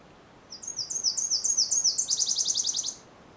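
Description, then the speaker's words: Nashville Warbler singing once: a run of high, repeated two-part notes that quickens into a rapid, lower trill at the end. Bird singing very enthusiastically, heard while leaving a section of a national park on the Bruce Peninsula. "So I'm just on my way out of this section of the Bruce Peninsula National Park. And we got another Nashville warbler."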